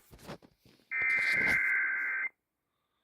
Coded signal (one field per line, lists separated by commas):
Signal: Emergency Alert System (SAME) tones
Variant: header bursts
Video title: WHSQ REAWAKENS... EAS Tests from 11/6/24 (EAS #5,142 - 5,150)